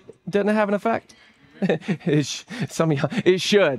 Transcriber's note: laughter